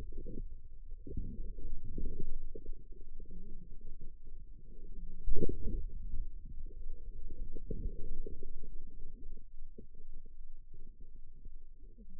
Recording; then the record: forearm muscle sounds (acoustic myography)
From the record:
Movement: inward rotation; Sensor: system 2, bracelet of six BSWA MPA416 microphones around the upper forearm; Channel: 5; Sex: male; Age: 22 years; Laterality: right